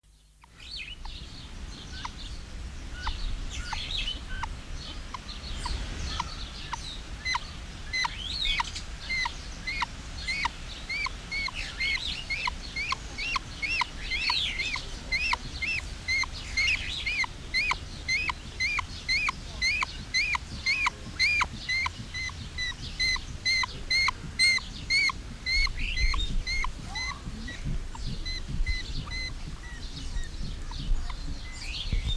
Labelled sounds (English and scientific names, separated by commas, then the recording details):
Grey-winged Trumpeter (Psophia crepitans) call
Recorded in captivity
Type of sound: call
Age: adult
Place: Zoo Berlin, Berlin, DE
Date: 1999-07-03 13:07
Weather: fair, 25-27°C
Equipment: Sony WM-D6C, Sennheiser ME 80, Kopie Uher 4000 Report Monitor
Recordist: Tembrock, Günter
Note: Laute am Gitter (durch Mikrofon ausgelöst)